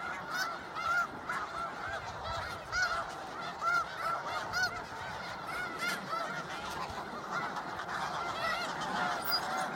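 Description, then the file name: Snow goose: many snow geese honking together: a steady wash of nasal yelps, with clearer single honks rising above it throughout. "Canto do gansos da neve"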